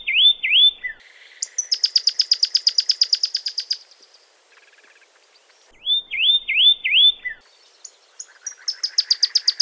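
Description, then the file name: Pyrrhuloxia song: a few clear downslurred whistles lead into a long, rapid trill of high ticking notes, repeated after a short pause. "kompilasi suara burung pyrrhuloxia omkicau"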